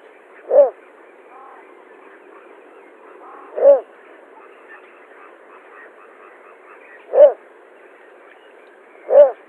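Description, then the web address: Little bittern display call: short, deep, barking croaks given singly, four in all, spaced roughly two to three and a half seconds apart, over a quiet steady background. Male display. "Schulze Peter Little Bittern"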